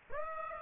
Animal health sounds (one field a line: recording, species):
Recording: mosquito wingbeat signal from an infrared sensor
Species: Aedes aegypti